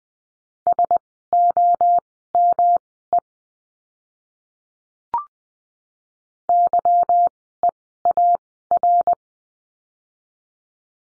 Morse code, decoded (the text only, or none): SOME YEAR